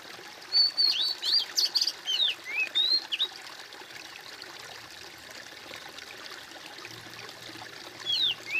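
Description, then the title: Bird singing a lively burst of high, twisting whistled chirps for about three seconds, pausing, then resuming briefly with similar slurred notes near the end. "suara bird"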